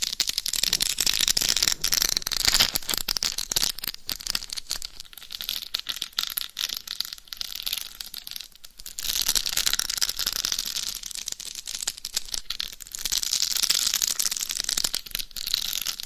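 Dense, bright scratching on a dummy head mic cover, rough and continuous with brief dips near six and nine seconds.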